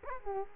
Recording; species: mosquito wingbeat signal from an infrared sensor; Culex quinquefasciatus